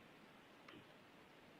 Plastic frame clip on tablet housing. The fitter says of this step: the is the sound of openning so